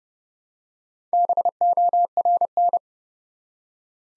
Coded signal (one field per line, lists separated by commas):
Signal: Morse code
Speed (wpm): 30 wpm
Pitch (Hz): 700 Hz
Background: none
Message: BORN